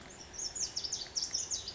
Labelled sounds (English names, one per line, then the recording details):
Lazuli Bunting
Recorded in Sonoma County, California